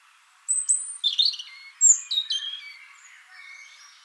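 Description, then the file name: European robin singing a varied phrase of high piercing whistles, short warbles and descending slurred notes, with faint notes trailing off at the end. "Erithacus rubecula"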